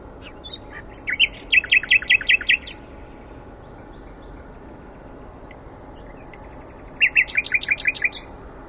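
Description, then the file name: Common nightingale song: a fast run of sharp repeated notes, a pause with thin high whistles, then another rapid burst of similar notes. "Luscinia megarhynchos"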